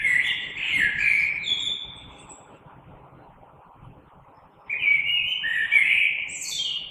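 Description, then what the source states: Common blackbird singing two mellow, whistled phrases with squeaky high notes at the end, separated by a quiet pause. Recorded 3 March 2020.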